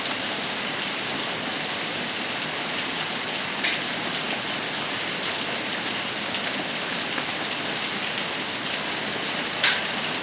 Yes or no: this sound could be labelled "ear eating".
no